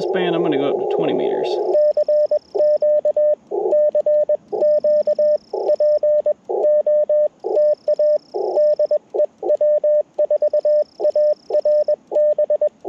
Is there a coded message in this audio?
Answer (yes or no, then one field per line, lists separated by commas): yes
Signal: Morse code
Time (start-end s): 1.7-12.7 s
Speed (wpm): 21 wpm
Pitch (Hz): 590 Hz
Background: speech, radio noise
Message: CQ CQ POTA DE W4ARB